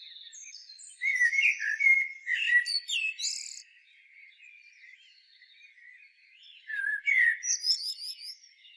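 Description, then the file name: Common blackbird song: two mellow warbled phrases of low fluty notes, each ending in thin, squeaky high twitters, separated by a few seconds of quiet. "Turdus merula"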